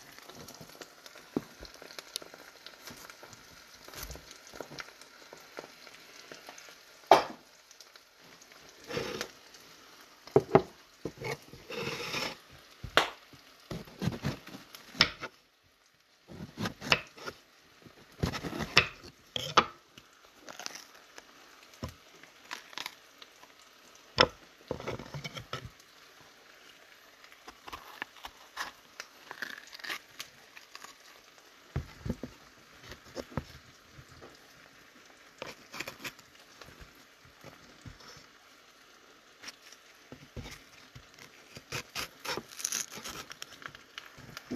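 Eggs and bell peppers fry in a pan, giving an irregular run of sharp pops and crackles over a low, steady sizzle. The popping comes in dense clusters, with a brief near-silent pause around fifteen seconds before it picks up again.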